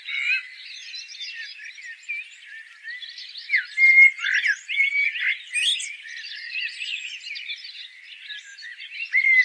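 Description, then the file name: Common blackbird giving a dense, rambling twitter of squeaky and chuckling notes, with a few brief whistles, continuous throughout with louder bursts around the middle. "Turdus merula"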